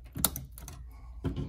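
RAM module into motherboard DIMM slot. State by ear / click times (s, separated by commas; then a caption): seated / 0.2 s. The top end of a RAM memory stick is pushed down into a motherboard DIMM slot, and the second retention clip latches with a sharp click at 0.3 s. Fainter taps and clicks follow at about 0.4, 0.6, 0.7 and 1.3 s. The memory module is now fully seated.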